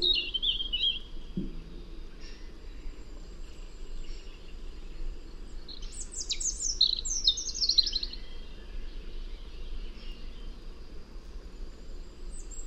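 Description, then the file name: European robin with a brief high trill at the opening, a pause, then a longer phrase of sharp high notes and liquid twitters. "Erithacus rubecula"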